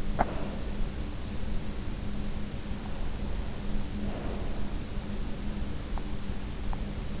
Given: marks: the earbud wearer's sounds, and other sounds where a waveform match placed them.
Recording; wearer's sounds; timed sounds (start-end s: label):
sounds in sleep by an in-ear microphone; teeth grinding, breath
0.00-0.46 s: teeth grinding
3.73-4.69 s: breath
5.84-6.97 s: teeth grinding